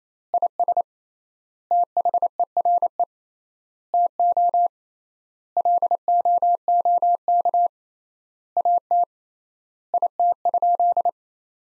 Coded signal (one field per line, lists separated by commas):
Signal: Morse code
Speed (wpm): 28 wpm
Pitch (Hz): 700 Hz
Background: none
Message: IS THERE TO LOOK AT IT?